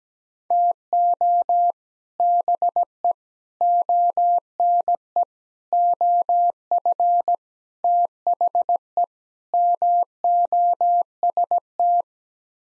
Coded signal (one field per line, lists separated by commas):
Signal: Morse code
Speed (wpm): 17 wpm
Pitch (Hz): 700 Hz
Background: none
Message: TO BE ONE OF THE MOST